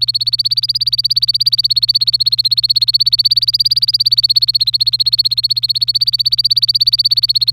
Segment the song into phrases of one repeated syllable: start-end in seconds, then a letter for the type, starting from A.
0.00-7.53 A